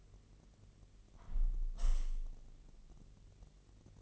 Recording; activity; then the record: daily activity, microphone in the room; close window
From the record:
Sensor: 4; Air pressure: 1001.0 hPa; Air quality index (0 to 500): 244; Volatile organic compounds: 42 ppm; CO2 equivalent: 3178 ppm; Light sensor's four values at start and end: 9/20/8/7 and 9/20/8/7